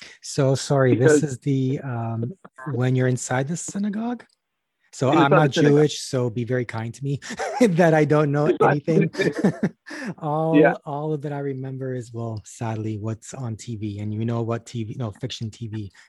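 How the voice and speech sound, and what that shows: An adult man who stutters speaks conversationally at a moderate pace, with several pauses and fillers. There is a brief voiceless prolongation at the start of "Jewish" and a repeated word ("all... all"), mild stuttering disfluencies in a largely fluent stretch.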